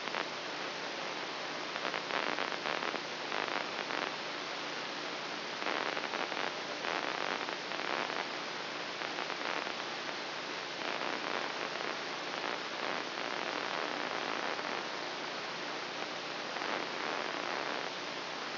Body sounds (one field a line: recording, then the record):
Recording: brain microelectrode recording played as sound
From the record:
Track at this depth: inside the subthalamic nucleus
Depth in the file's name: 4.706 mm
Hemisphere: left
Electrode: 2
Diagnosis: Parkinson's disease